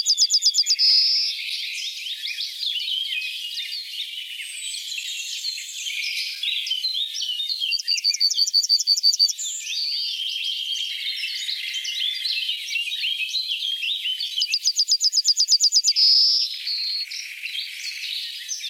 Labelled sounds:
Yellowhammer (Emberiza citrinella) song
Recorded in the wild
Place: Merdingen bis Ihringen / Kaiserstuhl, Baden-Württemberg, DE
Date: 1987-05-03
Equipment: Alparon-Reflektor
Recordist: Schwarz, Dieter
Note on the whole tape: Song

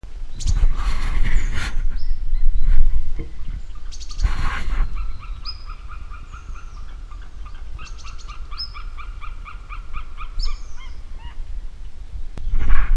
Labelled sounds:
White-tailed Eagle (Haliaeetus albicilla) call
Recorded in the wild
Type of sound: call
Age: adult
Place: Niederspree, Niederspreer Teichgebiet, Sachsen, DE
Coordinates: 51.3931, 14.8764
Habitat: ponds
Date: 2008-07-29
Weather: heiter, 20°C, fast windstill
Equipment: Fostex FR2-LE, Sennheiser ME66, Popschutz
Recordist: Frommolt, Karl-Heinz
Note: Am Beobachtungsturm am Großteich: Rufreihe eines Seeadlers. Entfernung ca. 1 km

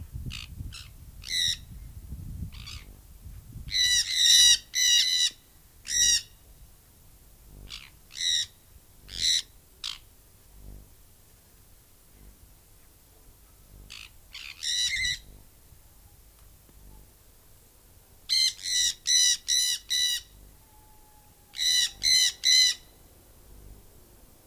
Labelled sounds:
Jandaya Parakeet (Aratinga jandaya) call
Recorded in captivity
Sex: group
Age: adult
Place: Tierpark Berlin, Berlin, DE
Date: 2000-12-21 15:35
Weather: bedeckt, 0°C
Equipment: Nagra SN, Kopie Uher 4000 Report Monitor
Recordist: Tembrock, Günter

